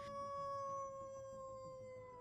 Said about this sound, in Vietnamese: Con chó đầu đàn ngồi trước mặt đứa bé, đưa lưỡi liếm vết thương rồi chu lên một tràng đầy ai oán.